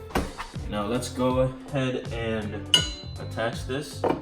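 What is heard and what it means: Someone talks while handling the plastic neck of an HP 24ec IPS LED monitor stand, lining it up to attach to the stand base without tools. A brief sharp knock sounds at about 0.2 s. Nothing has seated or clicked yet.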